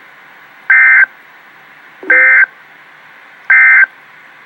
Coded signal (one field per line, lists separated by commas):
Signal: Emergency Alert System (SAME) tones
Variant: end-of-message bursts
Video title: REAL EAS 673-Severe thunderstorm watch